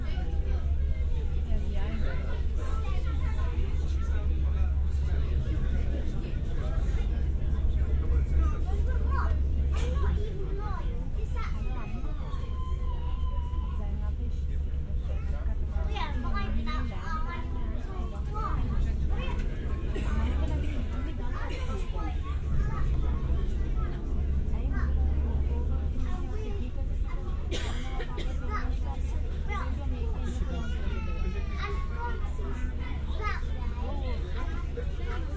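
On the ferry from Ryde to Portsmouth, a deep steady engine rumble runs throughout beneath continuous chatter of voices and occasional clinks.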